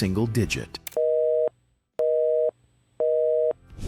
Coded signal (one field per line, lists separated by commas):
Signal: telephone call progress tone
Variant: North America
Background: speech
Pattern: busy tone